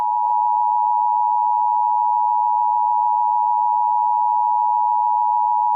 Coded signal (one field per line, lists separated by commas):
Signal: Emergency Alert System (SAME) tones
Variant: 853 and 960 Hz attention tone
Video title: (SUMMER SPECIAL) EAS SCENARIO - Hottest Day on Earth